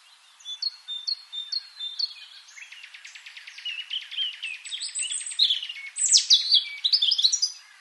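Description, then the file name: European robin song: a few separate high notes, then a long rapid buzzy trill rising into bright warbled and whistled flourishes. "Erithacus rubecula"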